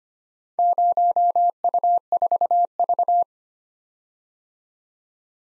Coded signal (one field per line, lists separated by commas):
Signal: Morse code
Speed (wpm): 25 wpm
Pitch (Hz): 700 Hz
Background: none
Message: 0U4V